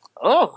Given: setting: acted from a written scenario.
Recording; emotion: vocal sound without words; disgust